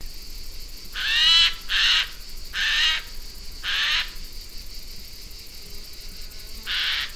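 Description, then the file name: Eurasian jay giving harsh, raspy screeches, four in quick succession over about three seconds, then a pause and one more, over a steady high insect-like hiss. "Garrulus glandarius"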